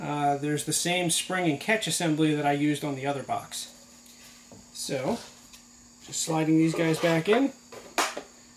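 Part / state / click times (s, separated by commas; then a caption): wooden drawer into spring catch in box / seated / 8.0 s. Small wooden prototype drawers are slid back into a box and caught by its spring-and-catch latch, while someone talks. The drawers seat with a sharp, satisfying click at 8.0 s, latching closed.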